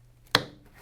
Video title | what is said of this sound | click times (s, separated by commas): Why are we STOKED on the NEW Vittorazi Moster EFI? Q&A (part 2 of 2) | when these things mate together you can actually hear an audible click as they lock into place | 0.4 s